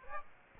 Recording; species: mosquito wingbeat signal from an infrared sensor; Aedes aegypti